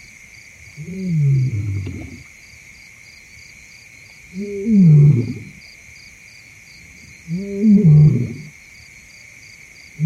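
Deep lion calls rise and fall three times, each a low, groaning roar lasting about a second and a half, spaced roughly every three seconds. Underneath, a thick insect chorus holds steady with high, even buzzing and a faint pulsing trill.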